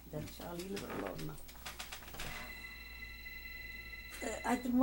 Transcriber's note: rings